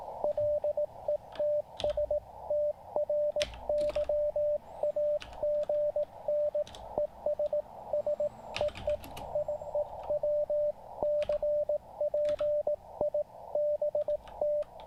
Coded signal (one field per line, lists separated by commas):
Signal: Morse code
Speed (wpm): 18 wpm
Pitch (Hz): 590 Hz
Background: radio noise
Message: LETS TRY AGN ES SEE IE WCP IBT